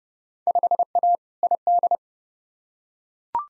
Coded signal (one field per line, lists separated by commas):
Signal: Morse code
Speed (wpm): 32 wpm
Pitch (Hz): 700 Hz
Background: none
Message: 5A ID